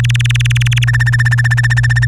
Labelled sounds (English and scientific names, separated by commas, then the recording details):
Domestic Canary (Serinus canaria) song
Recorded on 24 April 2018 at 17:13
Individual llb3